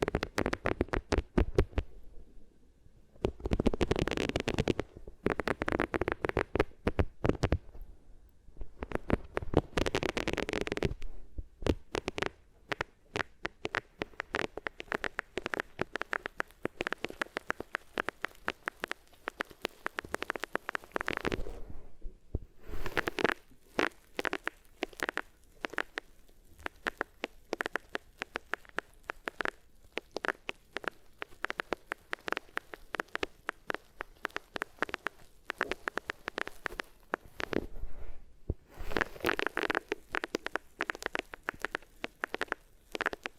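Rubbing against the ears with different materials makes dense, scratchy crackling that fills most of the recording. The friction comes in bursts and dense stretches with brief pauses near 2, 8, 11, 22 and 38 seconds, rough and full-bodied, with frequent sharp crinkly ticks.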